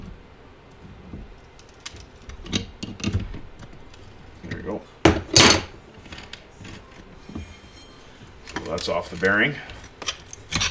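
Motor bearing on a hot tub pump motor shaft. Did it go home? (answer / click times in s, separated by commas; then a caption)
released / 5.4 s. A bearing puller is tightened on the shaft bearing of a hot tub pump motor, giving scattered ratcheting and metal clicks while someone talks. At 5.4 s a sharp, loud pop rings out as the motor bearing breaks free and comes off the shaft, followed by more light handling clicks near the end.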